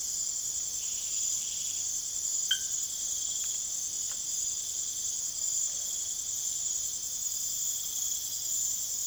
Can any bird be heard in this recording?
no